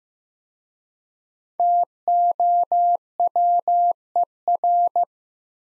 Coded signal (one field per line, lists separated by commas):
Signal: Morse code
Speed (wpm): 15 wpm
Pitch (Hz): 700 Hz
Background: none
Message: TOWER